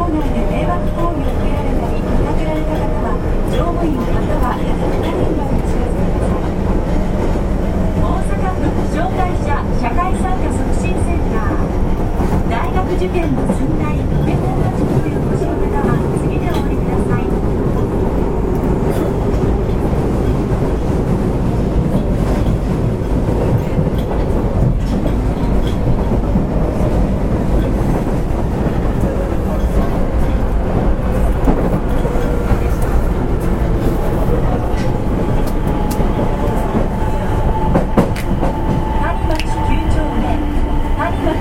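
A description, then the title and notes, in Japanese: An Osaka city subway 30000 series train runs steadily, with a constant low rumble and dense rattling clatter throughout. Tonal motor whines rise and glide through the middle and again near the end, and faint speech murmurs in the background. 大阪市営地下鉄 30000系 谷町線 谷町４丁目から八尾南まで。大阪市交通局 30000系電車の走行音です。谷町線で録音しました。It is a running sound of the Osaka city subway 30000 series train.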